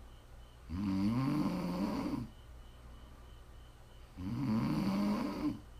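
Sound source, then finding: Adult woman. Snoring.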